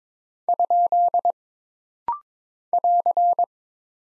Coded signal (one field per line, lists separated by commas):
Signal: Morse code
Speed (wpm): 22 wpm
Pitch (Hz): 700 Hz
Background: none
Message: ? <AR>